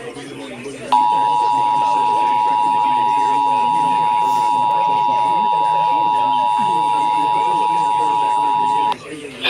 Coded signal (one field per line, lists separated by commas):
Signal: Emergency Alert System (SAME) tones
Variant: 853 and 960 Hz attention tone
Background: speech